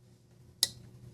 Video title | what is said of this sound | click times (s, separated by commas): Unboxing a very special Tactile Knife Co. Archer knife… a fabulous flipper in marvelous Magnacut! | nice crispy detent let's do that again | 0.6 s